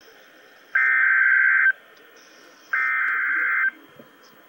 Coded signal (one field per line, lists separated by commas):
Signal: Emergency Alert System (SAME) tones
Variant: header bursts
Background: speech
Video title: REAL EAS 501-Severe thunderstorm warning war